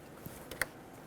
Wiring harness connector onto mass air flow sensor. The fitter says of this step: install the connector push until you hear a click